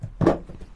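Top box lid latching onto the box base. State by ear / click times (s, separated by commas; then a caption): seated / 0.3 s. With a helmet inside, a plastic SH3 33 L motorcycle top box lid is closed and latches onto the box base with a single sharp click at 0.3 s. It is a short, solid snap over low background noise, and the lid is seated shut, confirming the helmet fits.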